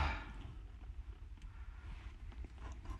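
A wiring harness plug is picked up and lined up with the fuel pump assembly connector before being pushed in, with only quiet handling sounds, a couple of faint light taps near 1.4 and 2.3 seconds, and a steady low rumble underneath. Nothing has seated or clicked yet.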